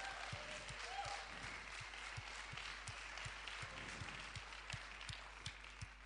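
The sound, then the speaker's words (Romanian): An audience applauding in praise during a bilingual English-Romanian sermon, a dense, steady wash of many hands clapping for several seconds, with faint crowd voices mixed in beneath the applause. “If you believe it, give him a praise right dacă there. Crezi asta, aplaudă-l pe el.”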